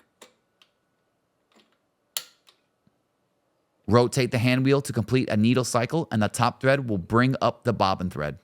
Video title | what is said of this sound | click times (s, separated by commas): Threading & Bobbins for Cobra 5110 Post Sewing Machine - EPISODE 82 | now load the bobin case in the hook and it will click into place | 2.2 s